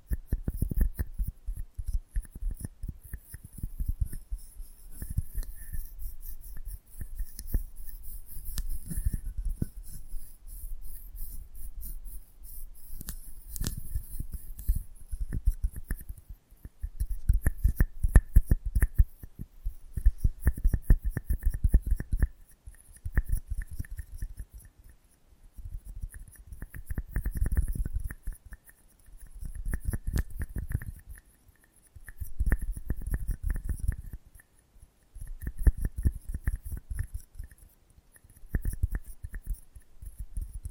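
Close-up mic handling: dense low thumps and rubbing in uneven bursts, quiet pauses between them, a faint high hiss throughout, and occasional sharp clicks.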